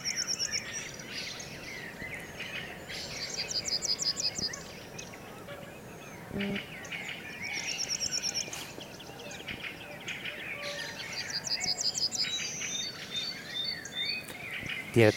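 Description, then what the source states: Yellowhammer singing: fast strings of identical high notes repeated several times, over a busy chorus of other birds. Singing very close to the microphones on a spring morning, about an hour before sunrise; song simple but strong; Swedes hear it counting its chicks.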